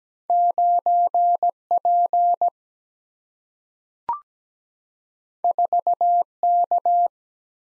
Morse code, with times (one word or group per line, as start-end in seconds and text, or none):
0.3-1.5 9
1.7-2.5 P
5.4-6.2 4
6.4-7.1 K